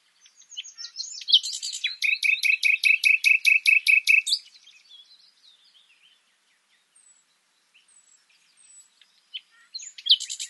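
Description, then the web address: Common nightingale song with a long loud series of rapidly repeated notes lasting over two seconds, a quiet pause, then another burst at the end. "SETE Luscinia megarhynchos"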